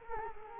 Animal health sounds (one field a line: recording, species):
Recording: mosquito wingbeat signal from an infrared sensor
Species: Culex quinquefasciatus